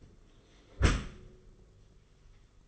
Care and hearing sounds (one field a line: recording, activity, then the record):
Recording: daily activity, microphone in the room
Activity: close dishwasher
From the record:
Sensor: 4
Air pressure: 991.3 hPa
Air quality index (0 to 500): 160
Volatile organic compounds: 137 ppm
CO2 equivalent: 3964 ppm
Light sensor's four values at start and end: 22/74/27/28 and 22/73/27/28